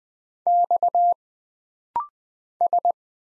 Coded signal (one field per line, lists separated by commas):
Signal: Morse code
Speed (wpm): 20 wpm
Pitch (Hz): 700 Hz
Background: none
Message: X S